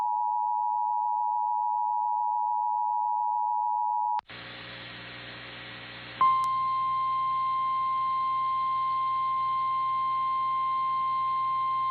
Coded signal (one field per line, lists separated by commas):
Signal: Emergency Alert System (SAME) tones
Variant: 853 and 960 Hz attention tone